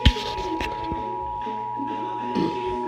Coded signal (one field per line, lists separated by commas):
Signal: Emergency Alert System (SAME) tones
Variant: 853 and 960 Hz attention tone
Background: speech, music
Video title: EAS #18 Required Monthly Test